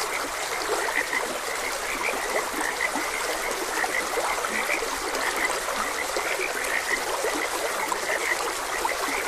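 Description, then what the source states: Frogs calling with many short croaking notes in a dense chorus, half hidden by continuous trickling and rushing water. Several frogs croaking beside a gentle stream.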